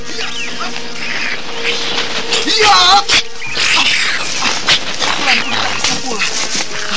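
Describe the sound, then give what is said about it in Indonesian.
A large monkey screeches in shrill, wavering bursts while it leaps in and attacks a man with human-like punches, the cries rising and falling over scuffling noise, with the man shouting briefly amid the fight. “Monyet besar itu melompat kemari.”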